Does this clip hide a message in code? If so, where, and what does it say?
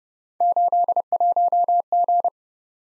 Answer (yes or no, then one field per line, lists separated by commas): yes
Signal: Morse code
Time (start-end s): 0.4-2.3 s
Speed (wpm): 37 wpm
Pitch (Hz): 700 Hz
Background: none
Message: 81G